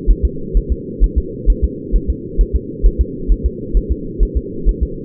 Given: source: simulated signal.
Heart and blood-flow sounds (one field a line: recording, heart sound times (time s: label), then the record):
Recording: fetal heart sounds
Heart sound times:
0.10 s: S1
0.25 s: S2
0.57 s: S1
0.72 s: S2
1.04 s: S1
1.18 s: S2
1.50 s: S1
1.64 s: S2
1.96 s: S1
2.10 s: S2
2.41 s: S1
2.55 s: S2
2.86 s: S1
3.01 s: S2
3.32 s: S1
3.46 s: S2
3.77 s: S1
3.91 s: S2
4.23 s: S1
4.37 s: S2
4.69 s: S1
4.83 s: S2
From the record:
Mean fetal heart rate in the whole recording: 130 bpm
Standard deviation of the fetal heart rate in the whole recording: 2 bpm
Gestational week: 36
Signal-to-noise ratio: -4.3 dB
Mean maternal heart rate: 72 bpm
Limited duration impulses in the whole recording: absent